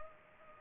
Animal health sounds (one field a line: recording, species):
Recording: mosquito wingbeat signal from an infrared sensor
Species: Culex pipiens